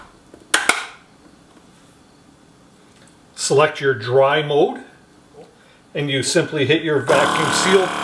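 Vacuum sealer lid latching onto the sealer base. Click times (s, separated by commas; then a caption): 0.5 s, 0.7 s. The lid of a Sunglife countertop vacuum sealer is closed over the bag and pressed down until both side latches catch, giving two sharp clicks at 0.5 s and 0.7 s. The lid latches onto the sealer base, and afterward someone talks.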